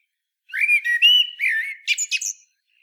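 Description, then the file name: Common blackbird singing one short phrase: a few mellow fluted whistles sliding up and down, ending in a squeaky, higher twitter, then silence. "Turdus merula"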